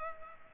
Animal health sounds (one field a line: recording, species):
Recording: mosquito wingbeat signal from an infrared sensor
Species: Culex pipiens